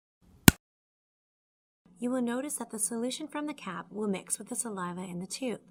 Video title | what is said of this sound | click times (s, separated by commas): OMNIgene ORAL : user instructions for collection and stabilization of microbial DNA from saliva | close the lid by firmly pushing the lid until you hear a loud click | 0.5 s